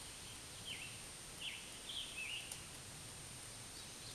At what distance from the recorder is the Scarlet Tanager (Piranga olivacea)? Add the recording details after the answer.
about 75 m. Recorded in a Pennsylvania forest on 1 June 2023 at 08:09. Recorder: AudioMoth, point grid3_14_high. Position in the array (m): 162 m, 141 m